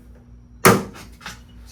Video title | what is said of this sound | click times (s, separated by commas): 9C1 Nova-Front Door Assembly | Snaps into place. | 0.7 s